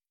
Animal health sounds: hydrophone in a shrimp aquaculture tank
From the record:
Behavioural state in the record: starved

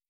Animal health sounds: hydrophone in a shrimp aquaculture tank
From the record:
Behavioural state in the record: starved

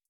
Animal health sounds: hydrophone in a shrimp aquaculture tank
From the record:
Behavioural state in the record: starved

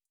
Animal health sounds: hydrophone in a shrimp aquaculture tank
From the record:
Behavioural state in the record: starved

